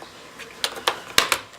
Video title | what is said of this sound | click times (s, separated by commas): Acer AL2216W Backlight Capacitor Repair | all right then this just snaps in place like so | 1.2 s